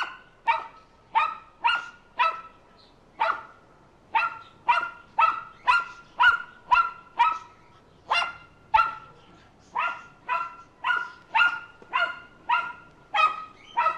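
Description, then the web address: Mammal barking in sharp, harmonic-rich barks, roughly two per second, in steady bursts with brief pauses; quiet background. "звери"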